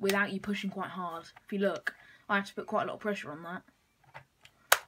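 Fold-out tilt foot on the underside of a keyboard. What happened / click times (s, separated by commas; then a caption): The plastic fold-out foot snapped into its locked position / 4.7 s. A plastic fold-out tilt foot on the underside of a compact Roccat Arvo keyboard is pressed hard until it snaps into position, needing a lot of pressure and then locking with no play. Someone talks, then a few faint ticks follow before a sharp click at 4.7 s as the foot seats.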